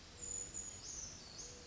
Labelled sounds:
Brown Creeper (Certhia americana)

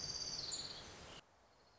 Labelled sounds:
Orange-crowned Warbler (Leiothlypis celata)

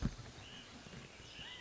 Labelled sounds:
White-breasted Nuthatch (Sitta carolinensis)

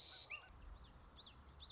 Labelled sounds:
Common Yellowthroat (Geothlypis trichas)

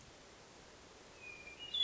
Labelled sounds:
Hermit Thrush (Catharus guttatus)

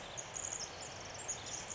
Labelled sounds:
Pacific Wren (Troglodytes pacificus)

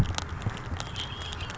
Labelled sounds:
Red-winged Blackbird (Agelaius phoeniceus)

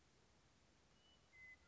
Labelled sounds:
Western Meadowlark (Sturnella neglecta)

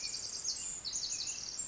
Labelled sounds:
Pacific Wren (Troglodytes pacificus)

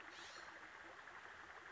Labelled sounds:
California Scrub-Jay (Aphelocoma californica)

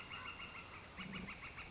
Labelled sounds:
Northern Flicker (Colaptes auratus)

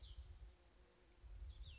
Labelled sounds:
Cassin's Vireo (Vireo cassinii)

